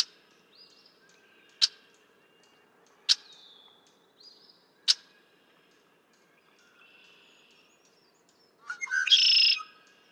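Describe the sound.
Red-winged blackbird singing: sharp clicking chips spaced a second or two apart, then one buzzy, rasping trill with brief lead-in notes near the end.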